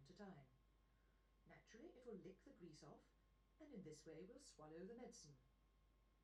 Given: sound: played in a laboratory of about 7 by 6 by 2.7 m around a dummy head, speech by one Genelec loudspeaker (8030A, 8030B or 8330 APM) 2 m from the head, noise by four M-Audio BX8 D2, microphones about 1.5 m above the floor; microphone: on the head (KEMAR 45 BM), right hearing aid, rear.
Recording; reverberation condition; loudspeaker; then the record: female speech in English; low; 90 degrees to the left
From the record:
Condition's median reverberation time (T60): about 310 ms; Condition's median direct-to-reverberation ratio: about 3.5 dB